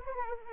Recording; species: mosquito wingbeat signal from an infrared sensor; Anopheles arabiensis